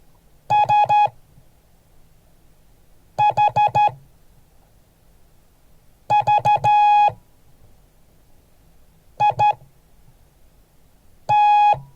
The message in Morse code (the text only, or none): SHVIT